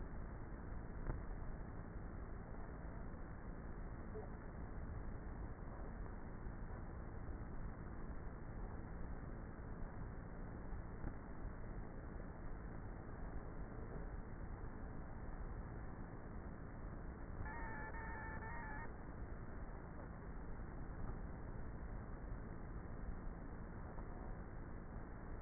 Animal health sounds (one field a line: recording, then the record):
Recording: honeybee colony, microphone inside the hive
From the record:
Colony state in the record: queenless with a low population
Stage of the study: before two queens were removed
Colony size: about 30,000 bees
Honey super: no